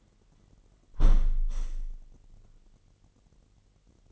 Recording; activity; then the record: daily activity, microphone in the room; close window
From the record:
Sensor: 4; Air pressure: 999.0 hPa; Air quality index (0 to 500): 126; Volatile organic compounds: 2 ppm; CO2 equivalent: 1237 ppm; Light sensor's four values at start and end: 8/19/7/8 and 8/19/7/8